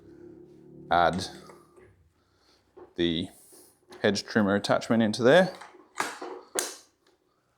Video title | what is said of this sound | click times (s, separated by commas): Ego POWER+ 56v Multi-Tool Review | And that locks into place like that. | 6.6 s